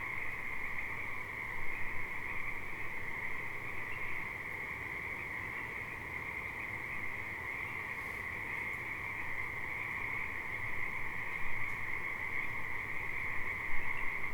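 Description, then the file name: Continuous frog chorus, an even high trill over faint low background rumble. Alsea River. "Frogs at Alsea River"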